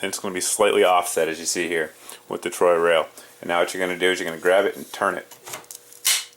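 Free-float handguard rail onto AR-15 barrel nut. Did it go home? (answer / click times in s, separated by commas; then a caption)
yes / 6.1 s. Someone talks while a Troy Alpha free-float handguard rail is slid over an AR-15 barrel nut slightly offset, then grabbed and turned. A few faint ticks lead into a louder snap at 6.1 s as the rail seats in place on the nut, before its screws are tightened.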